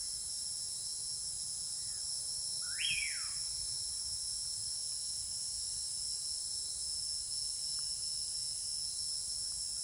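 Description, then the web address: Bird call, a single sharp upslurred whistle falling off quickly, with a faint soft note before it, under continuous high-pitched insect trilling. Tropical rainforest at night; soft, sparse bird calls. "TROPICAL Rainforest night sleep with soft sparse bird calls. Articulated Sounds - Tropical Ambiences"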